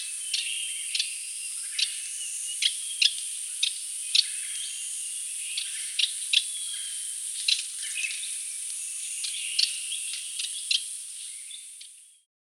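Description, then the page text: Radde's warbler calls: abrupt clicky chuck notes repeated irregularly, roughly every half second to second, with a constant high-pitched hiss behind. "Raddes Warbler Call. Quick Sounds"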